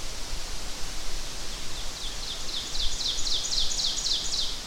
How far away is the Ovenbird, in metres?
about 35 m